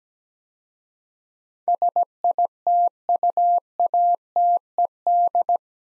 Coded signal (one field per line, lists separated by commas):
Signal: Morse code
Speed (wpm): 17 wpm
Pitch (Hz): 700 Hz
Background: none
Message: SITUATED